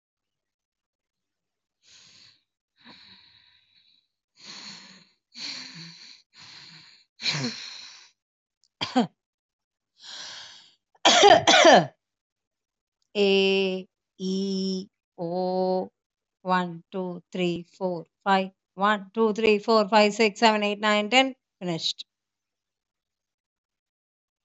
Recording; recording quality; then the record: deep breathing; excellent, no background noise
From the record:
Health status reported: healthy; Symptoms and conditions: none ticked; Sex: female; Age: 40 years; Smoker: not ticked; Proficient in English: yes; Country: India